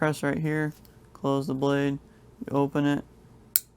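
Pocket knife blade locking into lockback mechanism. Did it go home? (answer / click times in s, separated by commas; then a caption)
yes / 3.6 s. Someone talks while demonstrating a Gerber US1 pocket knife with a lockback mechanism, pressing the lock bar to close the blade and then opening it. At 3.6 s the spring-loaded lockback bar snaps into the notch in the blade tang with a sharp, bright click, locking the folding blade open.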